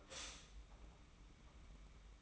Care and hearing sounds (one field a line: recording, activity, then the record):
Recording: daily activity, microphone in the room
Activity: stop toaster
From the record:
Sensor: 1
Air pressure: 991.6 hPa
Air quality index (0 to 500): 171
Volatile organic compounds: 1000 ppm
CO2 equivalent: 6459 ppm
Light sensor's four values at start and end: 33/109/42/43 and 33/109/42/43